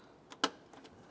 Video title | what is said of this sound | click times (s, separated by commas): How to Replace Radiator Cooling Fan Assembly 2008-2012 Honda Accord | it'll snap right into place | 0.4 s